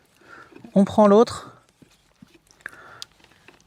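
Someone talks briefly, then picks up the second plastic trim piece, whose clip goes into the dashboard of a Tesla Model 3/Model Y during a hidden head-up display install. Soft handling noises follow, with two sharp taps at about 2.7 and 3.0 seconds. Nothing has seated or clicked into place yet.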